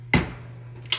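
A lid is put back onto a cooking pot or appliance after a failed first try, and it snaps and locks into place. A sharp, loud snap comes at 0.1 s and a second click locks it at 0.9 s, over a steady low hum.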